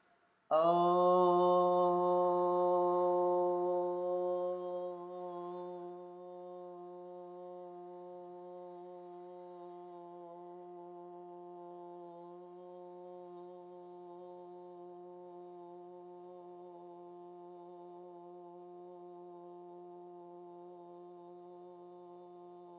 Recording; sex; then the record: sustained vowel /o/; female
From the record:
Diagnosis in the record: healthy control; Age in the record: 69 years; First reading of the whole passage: 64 s, 7.9 characters per second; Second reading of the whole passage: 54 s, 9.5 characters per second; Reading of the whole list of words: 33 s, 8.4 characters per second